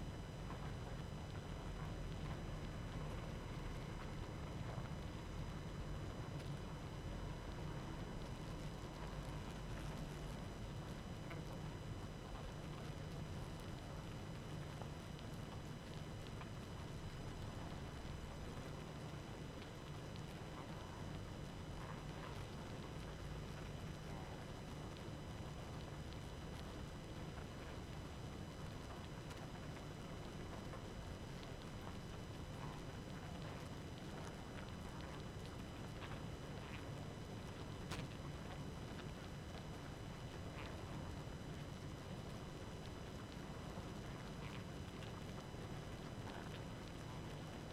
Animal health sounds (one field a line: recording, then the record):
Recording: honeybee colony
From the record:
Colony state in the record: active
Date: 12 June 2018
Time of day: 23:15